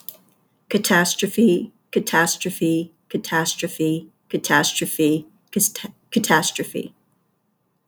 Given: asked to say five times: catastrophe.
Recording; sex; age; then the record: repeated word; female; 50 to 59 years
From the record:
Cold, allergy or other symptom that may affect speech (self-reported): no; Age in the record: 52 years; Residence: Texas, United States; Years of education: 14